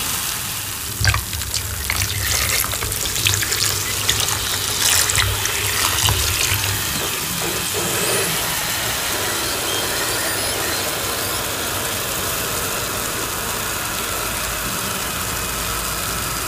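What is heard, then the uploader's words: Water pours steadily onto chalk blocks, with bursts of splashing and soaking crackles in the first eight seconds, then a constant hiss. Pouring Over Blue Water onto Gym Chalk Blocks.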